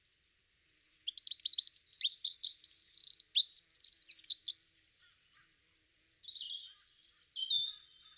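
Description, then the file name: Eurasian wren song, four seconds of fast, high, sweeping notes and rattling trills, then a few quieter high notes after a pause. "Troglodytes troglodytes"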